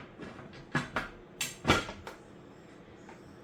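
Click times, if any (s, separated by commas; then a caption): none. A metal pressure canner lid is lined up by its arrows and shut onto the canner pot, giving clattering metal contact sounds around 0.8, 1.0, 1.4, 1.7 and 2.1 s, the loudest near 1.7 s. The lid is only placed and aligned; it has not been slid into its locked position and nothing has clicked yet.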